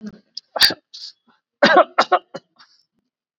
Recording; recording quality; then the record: shallow voluntary cough; excellent, no background noise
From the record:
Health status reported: COVID-19 positive, mild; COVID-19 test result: positive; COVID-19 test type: RT-PCR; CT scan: taken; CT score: 17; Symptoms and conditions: cough, breathing difficulty, fatigue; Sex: male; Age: 48 years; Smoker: no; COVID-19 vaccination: one dose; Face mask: not worn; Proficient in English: yes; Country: India